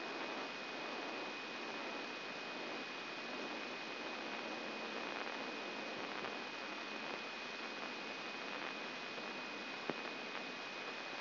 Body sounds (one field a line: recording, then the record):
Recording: brain microelectrode recording played as sound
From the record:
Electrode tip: inside the subthalamic nucleus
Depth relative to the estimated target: 2 mm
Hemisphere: right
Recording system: AlphaMap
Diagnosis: Parkinson's disease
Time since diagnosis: 16 years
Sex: male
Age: 60 years